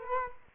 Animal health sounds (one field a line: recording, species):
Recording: mosquito wingbeat signal from an infrared sensor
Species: Culex quinquefasciatus